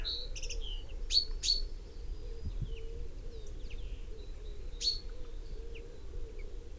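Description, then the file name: Common chaffinch giving a few sharp metallic 'pink' notes, a close pair then one more, over steady low rumbling noise with faint other bird sounds. "Fringilla coelebs"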